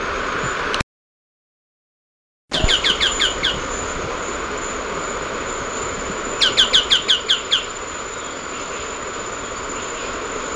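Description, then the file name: Choco tapaculo call: a quick series of several sharp, downslurred notes, given twice a few seconds apart, over a steady hiss with a brief dropout near the start. "Scytalopus chocoensis - Choco Tapaculo"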